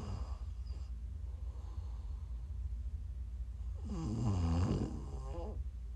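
Two loud, deep, rattling snores on the in-breath, each about a second long and roughly 4.5 seconds apart (about 13 breaths a minute), with quiet breathing between. Ordinary snoring during sleep, over a steady low background hum.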